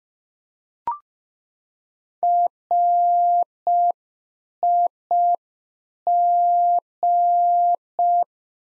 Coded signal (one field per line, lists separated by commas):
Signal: Morse code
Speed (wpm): 5 wpm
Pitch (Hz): 700 Hz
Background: none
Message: RIG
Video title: Practice QSO - Exchange 2- Info - 5wpm